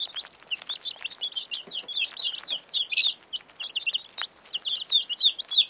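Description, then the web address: Birds chirping: a busy chatter of short high notes, continuous throughout in rapid irregular bursts. "animali uccelli birds"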